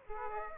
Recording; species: mosquito wingbeat signal from an infrared sensor; Aedes aegypti